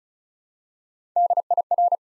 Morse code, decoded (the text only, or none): DIR